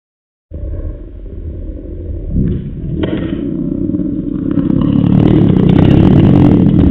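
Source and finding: Abdomen. Stomach growling (borborygmi).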